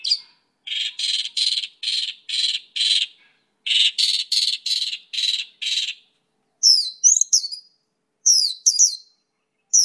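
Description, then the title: Bird song opening with a rapid run of harsh, buzzy pulses repeated in two series, followed by high, thin, descending twittered notes. "SuaraBurung Kicau"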